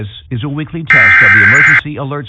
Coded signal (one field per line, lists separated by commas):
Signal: Emergency Alert System (SAME) tones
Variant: header bursts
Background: speech